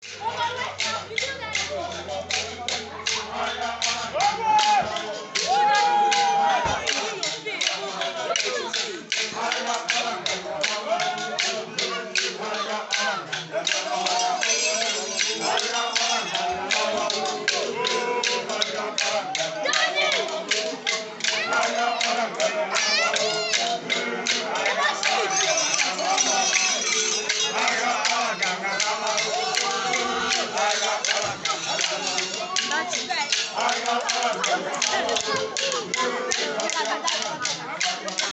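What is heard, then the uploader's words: A busy masquerade celebration, with a crowd talking and calling out while sharp claps and taps sound constantly throughout. The dense noise stays steady and loud, and a brief whistle-like tone rises just after five seconds. This is the Masquerade Day celebration of the people of Ezeleke, Umuopara, Umuahia, Abia State, Nigeria sometime this year.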